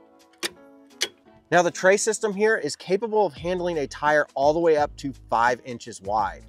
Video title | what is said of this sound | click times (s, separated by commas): Did They Just Make The BEST solo Bike Rack For Your CAR? / Kuat Piston SR | you'll start to hear it click and that fully engages this arm and prevents it from going back further it can only go | 1.0 s